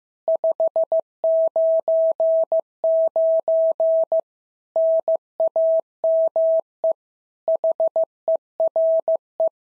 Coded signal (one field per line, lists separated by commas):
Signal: Morse code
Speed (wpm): 14 wpm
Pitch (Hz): 650 Hz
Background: none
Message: 599 NAME HERE